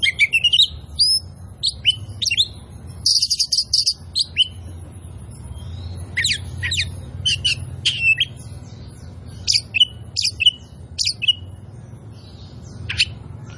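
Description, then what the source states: Oriental magpie-robin singing varied whistled notes and brief buzzy bursts, then spaced chirping phrases over a low rumbling hum. Oriental magpie-robin of the kind called 'kacer poci' in Indonesian, described as 'gacor', singing actively and persistently.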